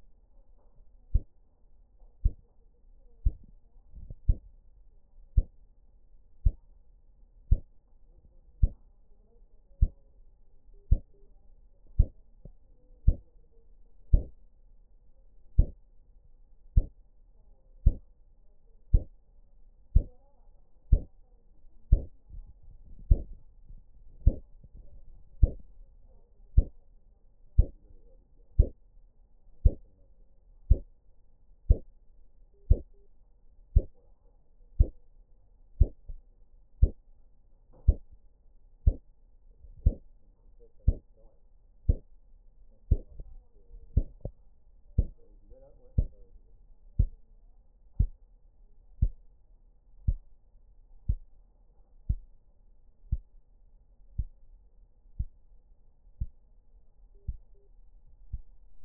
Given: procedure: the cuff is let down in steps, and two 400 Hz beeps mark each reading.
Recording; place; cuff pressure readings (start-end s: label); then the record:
Korotkoff sounds by stethoscope; brachial artery, at the lower edge of an arm cuff
10.74-11.26 s: 115 mmHg
32.54-33.07 s: 105 mmHg
57.15-57.67 s: 95 mmHg
From the record:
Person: healthy adult, 24 to 32 years, lying on the back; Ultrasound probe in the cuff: distal